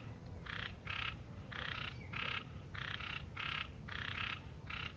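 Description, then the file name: Granular snouted treefrog giving several grating, buzzy notes, some doubled, with brief pauses between them and a low background rumble. "Scinax granulatus canto"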